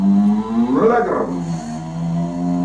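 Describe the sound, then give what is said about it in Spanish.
A voice imitates a Domino's Pizza electric delivery motorbike in Germany, making a steady humming whine that swoops up in pitch, wavers, then settles into a lower drone that holds to the end. “para que veáis cómo va el pizzero por ahí y la moto va haciendo este ruido y está grabado con la boca.”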